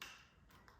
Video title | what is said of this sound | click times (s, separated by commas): Polaroid Land 110B with a removable Lomography Lomograflok Instax Wide back | that little hump and then just push it it locks in place | 0.0 s